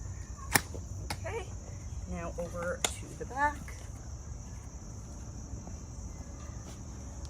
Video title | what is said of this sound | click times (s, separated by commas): The Ultimate Folding Wagon! Heavy-Duty, Easy to Haul & Perfect for Every Adventure | my other Circle one slide it into place till I hear that click | 0.6 s